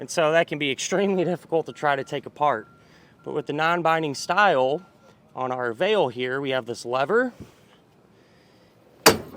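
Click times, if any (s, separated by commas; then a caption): 9.1 s. Someone talks while a hand pushes down the non-binding release lever on a steel arm of a Blue Ox Avail non-binding tow bar. The lever gives a sharp, loud pop at 9.1 s. That releases the bound tension so the locked pin can be pulled out.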